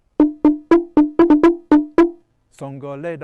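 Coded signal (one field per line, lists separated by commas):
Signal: talking drum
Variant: two-tone talking drum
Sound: nine resonant wooden drum strokes at two pitches in quick rhythm, some doubled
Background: brief voice afterward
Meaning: Stereotyped drum phrase for hunger: I haven't got a thing in my stomach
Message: song kalibe yasi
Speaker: song kalibe yasi i haven't got a thing in my stomach song this is what it sounds like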